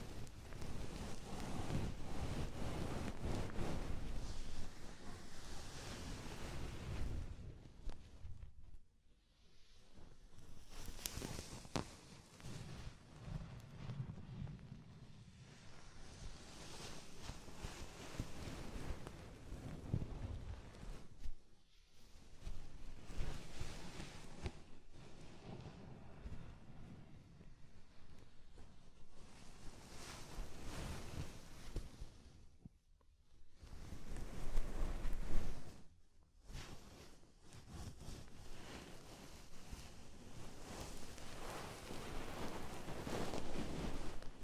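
An ear massage with oil and foam: dense, rough rubbing and squishing that fills the sound from deep rumble to bright hiss. The strokes swell and fade unevenly, broken by brief near-silent pauses around 9, 21, 33 and 36 seconds.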